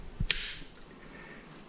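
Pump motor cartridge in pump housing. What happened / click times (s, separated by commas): The plastic twist-lock cartridge clicked past its retaining detent and came free / 0.3 s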